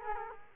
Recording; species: mosquito wingbeat signal from an infrared sensor; Culex quinquefasciatus